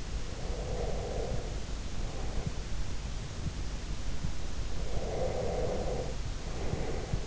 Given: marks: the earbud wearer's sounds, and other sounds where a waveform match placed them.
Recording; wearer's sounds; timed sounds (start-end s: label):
sounds in sleep by an in-ear microphone; breath
0.55-2.30 s: breath
4.97-7.27 s: breath